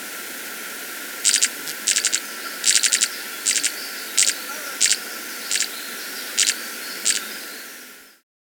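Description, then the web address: Viridian metaltail uttering short buzzy, crackling bursts of notes, repeated several times over about six seconds. Subspecies primolinus, recorded in Ecuador. "Natures Songs S America Birds of Ecuador. Viridian Metaltail (Primolinus)"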